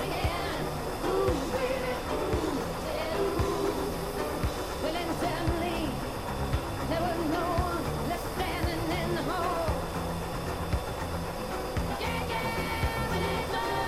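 Cockpit sound of an F-14 Tomcat in cruise, a dense, steady roar and hiss that holds level for the whole stretch. Over it run murmured, indistinct voice-like fragments and brief higher chirps and tones, with a sharp click near the twelve-second mark.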